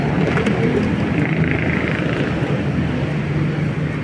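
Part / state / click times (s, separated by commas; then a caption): seat latch of scooter under-seat storage / not seated / none. Someone tries to close the seat of a SYM NAGA 150 scooter over a helmet sitting in the under-seat storage compartment, and several knocks sound at about 0.4, 1.3, 1.4, 1.5, 1.6 and 1.9 s over steady background noise. The seat latch fails to catch over the helmet, and nothing has seated or clicked yet.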